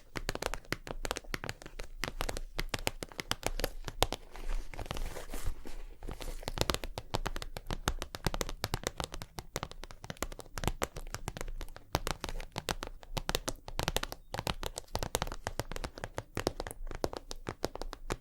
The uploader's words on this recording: ASMR 100% Tapping for Sleep & Tingles (Long Nails & No Talking).